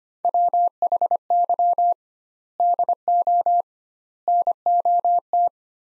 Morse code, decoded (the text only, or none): WHY DO NOT